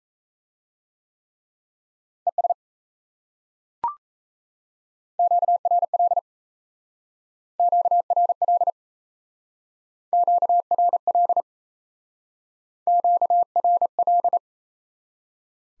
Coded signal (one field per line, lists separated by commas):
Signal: Morse code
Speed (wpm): 37 wpm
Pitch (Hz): 700 Hz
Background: none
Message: ES QRL QRL QRL QRL